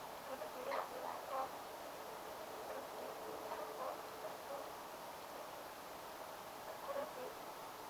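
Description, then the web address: Whooper swan soft social calls, a few short tonal notes clustered near the start and one more toward the end, over steady background hiss. Whooper swan family with cygnets giving social calls, young calling, at close range at a barn swallow nesting site, 29 October 2025, taken directly from the recorder. "paivat 29 10 2025 haarapaaskysen pesapaikan laulujoutsenpesue aantelee lahiaania sosiaalisia poikasten aantelyja suoraan aanittimesta"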